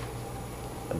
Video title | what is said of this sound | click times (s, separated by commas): How to install RAM (memory) in a PC | the top you hear a click push at the bottom | 0.9 s